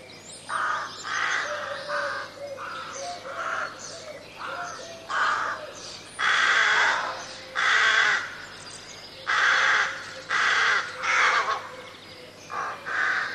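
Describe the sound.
Crow cawing, short harsh caws repeated steadily throughout, some louder and longer than others.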